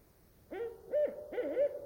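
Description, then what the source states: Barred owl giving three resonant hoots, the last doubled and wavering. Lone owl singing at night from a nearby tree in still air, old-growth Queets Rain Forest river valley, Olympic National Park; voice echoing off the trees, calling for an answer.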